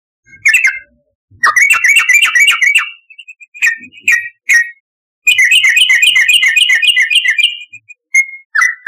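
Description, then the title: Yellow-vented bulbul song: bubbly whistled phrases alternating with fast runs of quick notes, separated by short silences. "Trucukan"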